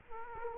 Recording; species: mosquito wingbeat signal from an infrared sensor; Culex quinquefasciatus